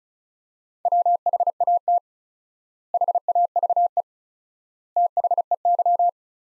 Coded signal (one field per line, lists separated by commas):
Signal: Morse code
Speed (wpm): 36 wpm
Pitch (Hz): 700 Hz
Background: none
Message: WHAT HAVE THEY